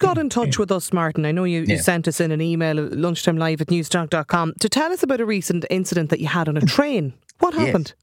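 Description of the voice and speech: An adult radio presenter speaks fluently at a steady conversational pace, with clear, smooth voicing and natural pitch movement, reading out an email address and asking a guest a question. The speech is ordinary, with no stutter, slurring or strain. A brief reply is heard at the end.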